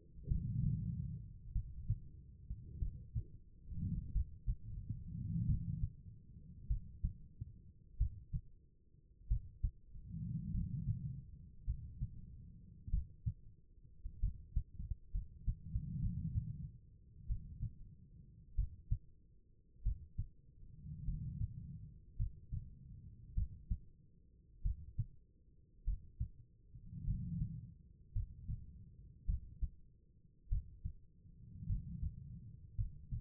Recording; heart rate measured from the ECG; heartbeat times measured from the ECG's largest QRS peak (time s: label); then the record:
heart sounds by stethoscope; 50 bpm
0.29 s: heartbeat
1.53 s: heartbeat
2.80 s: heartbeat
4.13 s: heartbeat
5.47 s: heartbeat
6.68 s: heartbeat
7.98 s: heartbeat
9.28 s: heartbeat
10.52 s: heartbeat
11.65 s: heartbeat
12.91 s: heartbeat
14.21 s: heartbeat
15.12 s: heartbeat
16.00 s: heartbeat
17.27 s: heartbeat
18.56 s: heartbeat
19.83 s: heartbeat
21.05 s: heartbeat
22.17 s: heartbeat
23.35 s: heartbeat
24.63 s: heartbeat
25.85 s: heartbeat
27.05 s: heartbeat
28.13 s: heartbeat
29.26 s: heartbeat
30.49 s: heartbeat
31.67 s: heartbeat
32.76 s: heartbeat
From the record:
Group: healthy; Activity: rest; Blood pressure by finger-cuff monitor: 102/59 mmHg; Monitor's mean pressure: 71 mmHg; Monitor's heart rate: 48 bpm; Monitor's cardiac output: 4.4 L/min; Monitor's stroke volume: 89 mL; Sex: female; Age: 36 years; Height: 163 cm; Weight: 88 kg